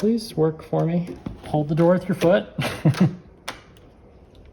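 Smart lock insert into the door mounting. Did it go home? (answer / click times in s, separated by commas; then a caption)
yes / 3.5 s. Someone talks while the interior unit of a SECURAM Touch smart lock, its insert or connector, is pushed into the door mounting after several tries. It pulls into place with a sharp click at 3.5 s, followed by a few faint ticks, and the lock is seated.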